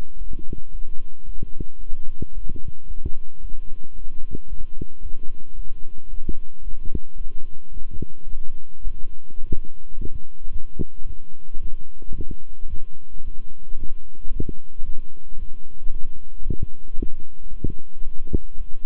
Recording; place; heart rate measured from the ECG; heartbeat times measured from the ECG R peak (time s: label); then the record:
heart sounds by stethoscope; between the tricuspid and mitral areas; 111 bpm
0.17 s: heartbeat
0.71 s: heartbeat
1.25 s: heartbeat
1.79 s: heartbeat
2.33 s: heartbeat
2.86 s: heartbeat
3.40 s: heartbeat
3.94 s: heartbeat
4.48 s: heartbeat
5.01 s: heartbeat
5.55 s: heartbeat
6.09 s: heartbeat
6.63 s: heartbeat
7.17 s: heartbeat
7.72 s: heartbeat
8.28 s: heartbeat
8.83 s: heartbeat
9.40 s: heartbeat
9.95 s: heartbeat
10.51 s: heartbeat
11.05 s: heartbeat
11.60 s: heartbeat
12.14 s: heartbeat
12.68 s: heartbeat
13.22 s: heartbeat
13.77 s: heartbeat
14.31 s: heartbeat
14.84 s: heartbeat
15.37 s: heartbeat
15.90 s: heartbeat
16.43 s: heartbeat
16.95 s: heartbeat
17.49 s: heartbeat
18.03 s: heartbeat
18.56 s: heartbeat
From the record:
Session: walking at 3.7 km/h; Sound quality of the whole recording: good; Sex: male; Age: 26 years